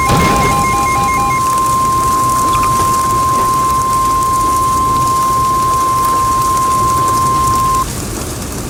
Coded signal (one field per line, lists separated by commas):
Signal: Emergency Alert System (SAME) tones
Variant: 1050 Hz attention tone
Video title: the wedge. (clayranger143 eas scenario recreation)